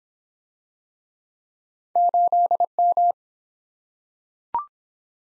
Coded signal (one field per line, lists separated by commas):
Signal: Morse code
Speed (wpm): 24 wpm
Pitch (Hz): 700 Hz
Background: none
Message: 8M